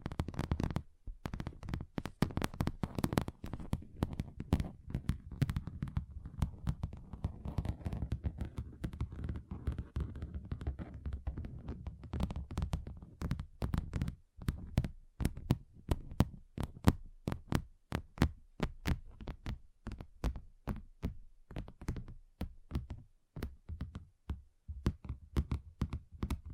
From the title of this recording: Table Tapping Different Surfaces